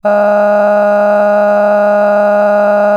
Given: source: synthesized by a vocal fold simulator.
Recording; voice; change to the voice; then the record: sustained vowel; female; cycle-to-cycle stiffness perturbation (roughness), level 5 of 10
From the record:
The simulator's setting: 3.18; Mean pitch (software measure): 206 Hz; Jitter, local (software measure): 1.42%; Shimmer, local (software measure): 10.7%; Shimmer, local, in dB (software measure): 0.94 dB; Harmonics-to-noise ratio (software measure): 16.5 dB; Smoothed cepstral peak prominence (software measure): 16.4 dB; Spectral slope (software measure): -21.9 dB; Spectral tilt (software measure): -11.1 dB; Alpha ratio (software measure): -12.4 dB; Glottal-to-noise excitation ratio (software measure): 0.960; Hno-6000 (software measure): 2.3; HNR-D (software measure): 33.8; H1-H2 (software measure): 2.6 dB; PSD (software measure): 6.1e-05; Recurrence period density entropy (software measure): 0.119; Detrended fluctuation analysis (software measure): 0.0277